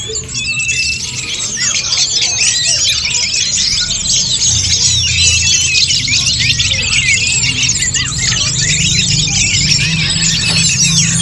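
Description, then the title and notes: Birds chirping and whistling together in a busy, unbroken tangle of high twittering notes, with a constant background hum underneath. Birdsong for training pet birds. "Suara Kicauan Burung untuk memaster burung kesayangan"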